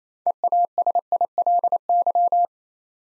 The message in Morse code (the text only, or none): EASILY